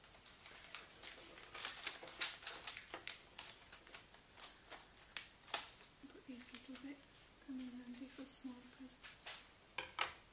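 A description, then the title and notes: Wrapping paper crinkles and rustles in quick, irregular bursts, with sharp crisp crackles scattered through the whole ten seconds, bunched most densely near the start. Between about six and nine seconds a low voice murmurs briefly beneath the crinkling. ASMR Role play - Helpful elf - wrapping gifts - paper - crinkle.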